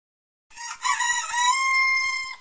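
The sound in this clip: Chicken: rooster crowing: one long harsh call that starts broken and rough, then settles into a steady drawn-out tone before cutting off.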